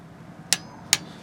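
A Tekton 1/2" drive click-type torque wrench (24335) tightens a threaded fastener on a second tightening run, with faint ratchet ticks first. Two sharp, loud clicks come at 0.5 s and 0.9 s, signaling that the set torque has been reached and the fastener is tight enough.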